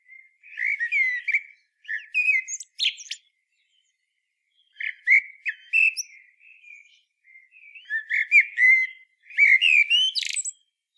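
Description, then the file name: Common blackbird song: mellow, fluting warbled phrases with a thin squeaky flourish at the end of each, delivered in separate bursts with short silent gaps. "chant merle noir"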